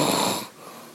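A single loud, rough, rattling snore from an adult sleeper at 2:00 in the morning lasts about half a second, then fades to a quiet hiss, with the rattle of the soft tissues of the throat during sleep.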